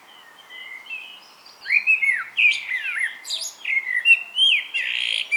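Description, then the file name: Common blackbird song, quiet low whistles at first, then a loud run of rich fluted notes and thin high twitters. "Turdus merula"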